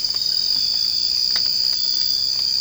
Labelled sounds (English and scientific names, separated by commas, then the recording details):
none
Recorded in secondary vegetation near Puerto Asís, Putumayo, Colombia, on 19 March 2025 at 01:00
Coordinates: 0.502, -76.326
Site G100